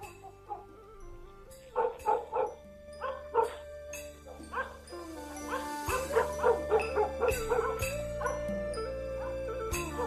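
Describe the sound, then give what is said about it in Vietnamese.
Dogs in a village bark at night over and over in ragged, overlapping bursts, the yapping growing busier and louder toward the end, with a steady low musical drone humming underneath. “Đúng lúc ấy, tiếng chó ở trong làng lại cắn lên nhấm nha nhấm nhặng.”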